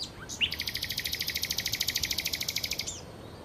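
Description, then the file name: Common nightingale song: a short upslurred whistle opens a long, fast, even rattle of identical clicking notes lasting over two seconds, with a soft upward note at the end. "Nachtigall"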